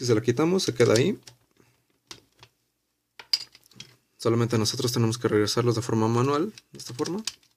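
Someone talks while the spring-loaded plastic cannon arms of a Transformers Primus Unleashed Deluxe Class Cannonball action figure are pushed back by hand toward their stowed position in the figure's body. Brief, soft plastic handling taps sound between about 2.1 and 3.8 s in a pause in the talk. Nothing has seated or clicked yet.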